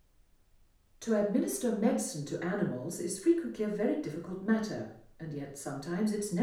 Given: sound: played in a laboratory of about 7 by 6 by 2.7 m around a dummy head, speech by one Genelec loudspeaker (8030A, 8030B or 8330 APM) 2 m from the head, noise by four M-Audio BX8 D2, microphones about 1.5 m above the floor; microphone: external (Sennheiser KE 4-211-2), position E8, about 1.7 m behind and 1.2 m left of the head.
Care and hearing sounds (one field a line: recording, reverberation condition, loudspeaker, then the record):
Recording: female speech in English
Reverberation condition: medium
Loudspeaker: 60 degrees to the left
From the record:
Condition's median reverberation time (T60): about 510 ms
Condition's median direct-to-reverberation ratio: about -0.5 dB